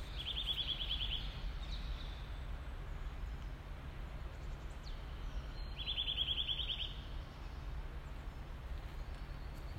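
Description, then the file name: Eurasian nuthatch producing two rapid trills of high, clipped notes, one at the opening and another several seconds later, against a constant low hum. "Sitta europaea"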